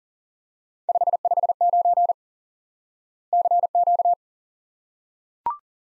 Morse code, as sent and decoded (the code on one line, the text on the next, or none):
..... ..... ----. / -.-. --.-
559 CQ